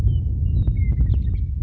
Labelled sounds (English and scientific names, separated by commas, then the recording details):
Western Meadowlark (Sturnella neglecta)
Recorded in Sonoma County, California